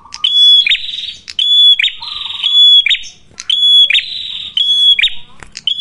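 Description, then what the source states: Prinia calls: loud, strident whistled notes with buzzy sounds, repeated in bursts, with sharp clicks and a softer, lower chirping in the background. Red-headed prenjak (prenjak kepala merah) singing energetically (gacor), used as a lure (pancingan) for catching birds and for tutoring other birds (masteran).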